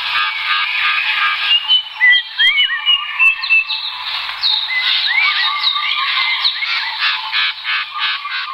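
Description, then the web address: Bird chorus of many overlapping chirps, rising slurred whistles and twittering notes, continuous and busy throughout, with several birds calling at once. "birds asiatori"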